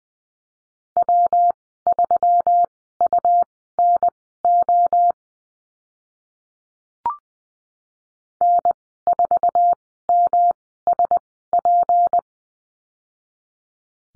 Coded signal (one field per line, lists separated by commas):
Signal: Morse code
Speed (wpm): 20 wpm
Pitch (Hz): 700 Hz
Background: none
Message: W3UNO N4MSP